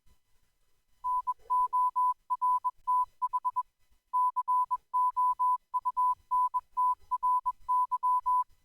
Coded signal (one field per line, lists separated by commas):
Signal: Morse code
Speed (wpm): 21 wpm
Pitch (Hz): 1000 Hz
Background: none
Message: NORTH COUNTRY